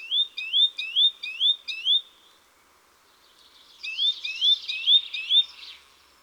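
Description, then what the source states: Eurasian Nuthatch calls, a fast series of clear rising whistled notes, then a pause and a second rising series. Described as a specialist of 'tui-tui' notes.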